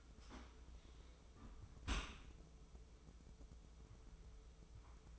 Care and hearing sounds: daily activity, microphone in the room; close dishwasher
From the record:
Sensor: 1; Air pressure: 995.7 hPa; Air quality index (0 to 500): 57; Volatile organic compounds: 2 ppm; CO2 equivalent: 1105 ppm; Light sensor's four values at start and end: 32/110/42/44 and 32/110/42/44

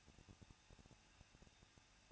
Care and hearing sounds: daily activity, microphone in the room; no activity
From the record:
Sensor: 2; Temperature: 21.0 degrees Celsius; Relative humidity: 37.3%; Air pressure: 1006.2 hPa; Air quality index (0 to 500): 221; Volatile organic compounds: 24 ppm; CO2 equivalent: 2798 ppm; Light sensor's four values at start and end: 2/3/2/2 and 2/3/2/2

